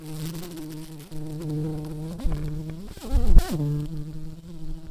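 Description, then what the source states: Tree bumblebee buzzing, a low steady drone that wavers in pitch, with brief louder rasping bursts around the fourth second. Queen bumblebees.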